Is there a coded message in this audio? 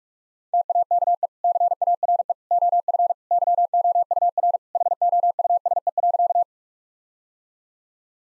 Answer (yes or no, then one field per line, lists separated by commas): yes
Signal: Morse code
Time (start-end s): 0.5-6.4 s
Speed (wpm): 46 wpm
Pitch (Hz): 700 Hz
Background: none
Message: TAKE CARE OF YOUR HOUSE.